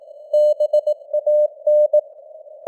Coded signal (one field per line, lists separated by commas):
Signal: Morse code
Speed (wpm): 18 wpm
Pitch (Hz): 600 Hz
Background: none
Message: BAN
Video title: Morse Code News | 2025-10-23 | 18wpm